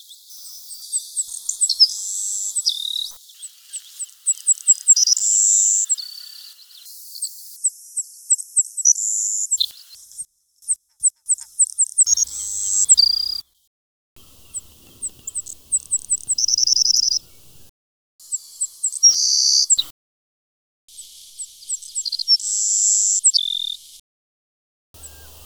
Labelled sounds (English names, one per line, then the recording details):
Savannah Sparrow song
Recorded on Kent Island, New Brunswick, in 2004